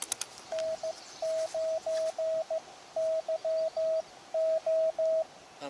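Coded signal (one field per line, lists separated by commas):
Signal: Morse code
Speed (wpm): 15 wpm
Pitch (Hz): 660 Hz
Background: radio noise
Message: N9YO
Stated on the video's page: Live portable QRP CW park operation with an Elecraft KX2 and HyEndFed antenna, making contact after contact.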